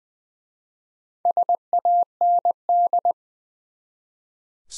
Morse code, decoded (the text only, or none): SAND